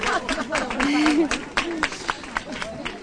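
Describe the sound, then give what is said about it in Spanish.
Scattered, irregular clapping from a crowd applauding each line of a declaration against violence toward women and girls, sharp individual claps rather than a full roar of applause, mixed with voices talking and calling out over the top. “No, vamos a ir aplaudiendo en cada uno.”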